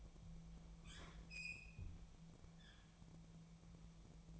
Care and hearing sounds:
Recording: daily activity, microphone in the room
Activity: open fridge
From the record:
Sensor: 1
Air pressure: 1000.1 hPa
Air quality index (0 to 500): 136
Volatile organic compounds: 2 ppm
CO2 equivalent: 1279 ppm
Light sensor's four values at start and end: 37/92/39/47 and 36/92/39/47

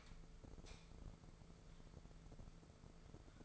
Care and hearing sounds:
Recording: daily activity, microphone in the room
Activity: light on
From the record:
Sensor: 5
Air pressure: 1014.7 hPa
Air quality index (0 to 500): 156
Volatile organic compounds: 5 ppm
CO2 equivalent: 1712 ppm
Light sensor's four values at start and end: 74/178/73/77 and 75/181/74/78

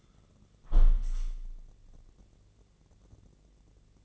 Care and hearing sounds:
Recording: daily activity, microphone in the room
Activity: close window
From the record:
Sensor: 4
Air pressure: 1013.2 hPa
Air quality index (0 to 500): 173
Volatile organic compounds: 2 ppm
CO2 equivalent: 1086 ppm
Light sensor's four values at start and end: 49/121/49/50 and 49/123/50/51

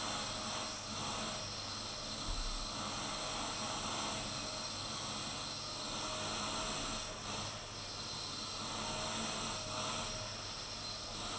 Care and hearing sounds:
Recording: daily activity, microphone in the room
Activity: vacuum cleaning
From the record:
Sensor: 4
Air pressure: 992.6 hPa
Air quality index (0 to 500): 146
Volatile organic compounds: 94 ppm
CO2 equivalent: 3712 ppm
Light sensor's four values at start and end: 19/65/24/25 and 19/65/24/25

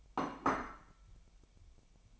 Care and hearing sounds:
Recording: daily activity, microphone in the room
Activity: place plate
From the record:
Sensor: 1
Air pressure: 1002.0 hPa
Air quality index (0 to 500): 242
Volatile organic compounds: 47 ppm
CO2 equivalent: 3260 ppm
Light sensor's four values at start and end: 8/28/10/11 and 8/28/10/11

